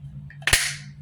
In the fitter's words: And it just snapped right in.